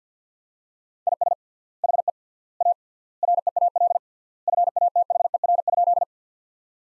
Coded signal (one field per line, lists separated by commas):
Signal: Morse code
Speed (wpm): 50 wpm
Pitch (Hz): 700 Hz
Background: none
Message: IS HE A REAL FATHER?